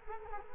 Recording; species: mosquito wingbeat signal from an infrared sensor; Culex quinquefasciatus